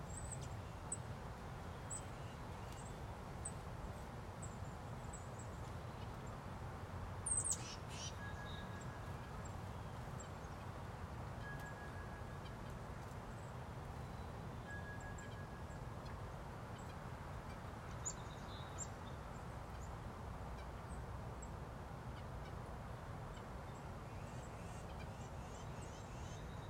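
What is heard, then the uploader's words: A goldfinch gives short, high, thin chirps that come and go through the clip, with a brief louder burst of calls around seven seconds. Underneath runs a steady low rumbling hiss that never changes, and a faint high tone briefly sounds a few times. A bright yellow goldfinch gets in on the action.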